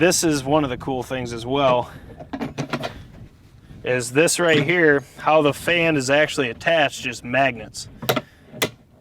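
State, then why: Seated. Someone talks while the plastic tail fan of a Higdon Apex Strutter turkey decoy is attached to the decoy's body by magnets. It snaps into place with sharp clicks at 8.1 s and 8.6 s, seating firmly enough that it is quite hard to pull off.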